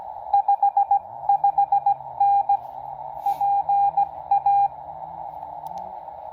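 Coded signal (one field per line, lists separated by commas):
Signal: Morse code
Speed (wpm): 17 wpm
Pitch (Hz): 800 Hz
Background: none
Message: 55N PA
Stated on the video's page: Parks on the Air CW contact with a Pennsylvania station.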